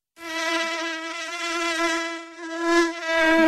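A steady, high-pitched mosquito whine drones continuously for a few seconds in a radio advert for Vabona insect protection, its rich buzzing tone wavering slightly in pitch and loudness, with no voices over it.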